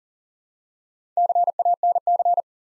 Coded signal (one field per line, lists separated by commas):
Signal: Morse code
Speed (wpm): 38 wpm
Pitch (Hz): 700 Hz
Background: none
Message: CANC